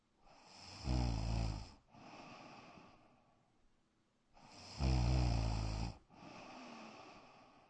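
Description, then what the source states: Dog snoring: two sleeping breaths, each a rattling snore then a softer breathy sound, about four seconds apart. Black dog, snoring indoors in a bedroom.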